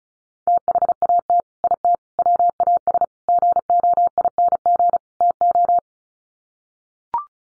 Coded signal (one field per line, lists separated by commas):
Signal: Morse code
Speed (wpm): 34 wpm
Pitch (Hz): 700 Hz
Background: none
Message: THAT IT WAS GOING TO